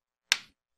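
The last gap in a plastic laptop display bezel is pressed closed against the laptop lid. A single sharp, loud snap is heard at 0.3 s, decaying within about 0.2 seconds. The bezel snaps fully into place.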